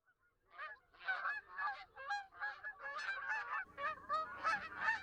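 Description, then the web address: Canada goose: canada geese giving loud, rapid nasal honks, many birds calling together in a dense, overlapping chorus with a low hum underneath later on. "Wildlife Identification By Sound, Eastern North America Pt 2. Canada Goose"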